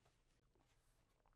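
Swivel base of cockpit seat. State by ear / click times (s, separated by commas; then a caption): not seated / none. The swivel base of a cockpit seat in a 2026 Newmar Northern Star is handled as the seat is rotated back toward the forward position, with low, steady handling noise throughout. The swivel base has not locked yet; the clip ends before it does.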